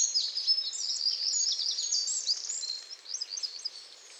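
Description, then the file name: Eurasian wren sings a continuous, very high, rippling stream of quick notes and trills that gradually thins into separate chips. "Troglodytes troglodytes"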